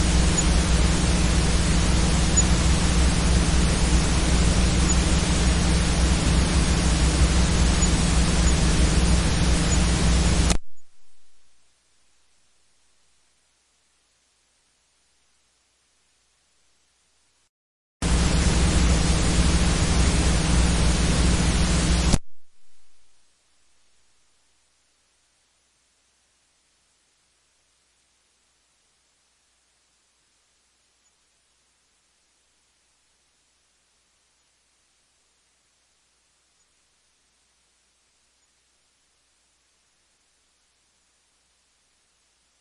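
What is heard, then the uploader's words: Steady hiss from a blank cassette tape with a low ground hum beneath it, playing from the start to about 10 seconds and again from about 18 to 22 seconds. Each burst cuts off abruptly, leaving near silence between and after. Cassette Tape Hiss and Ground Hum. The hum from below, not quite sure where it's coming from. Trying to collide with the hiss of a cassette tape with no recordings, but playing anyway.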